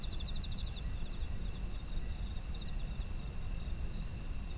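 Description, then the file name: Insects chirping in rapid pulsed bursts over steady high ringing tones, with a strong low rumble of background noise throughout. Autumn insect ambient sound. "秋の虫の環境音"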